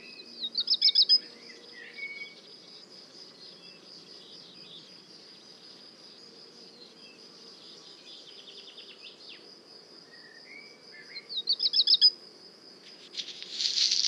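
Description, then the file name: Black redstart song: short rattling bursts of high notes, far apart, over a constant high insect drone. At le Puech. "chant de rougequeue noir merle noir le Puech"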